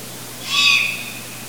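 Long-eared owl juvenile call: a single drawn-out, hissing squeak lasting about half a second, high-pitched, over faint steady background hiss.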